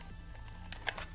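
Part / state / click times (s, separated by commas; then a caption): primed gangplank piece into ship socket / not seated / none. A primed gangplank piece is pressed hard into its socket on a ship, but it will not lock in, which is blamed on primer buildup. Over a steady low hum, a few faint scraping ticks give way to sharp plastic taps around 0.7, 0.9 and 1.0 seconds. Nothing has clicked or seated yet.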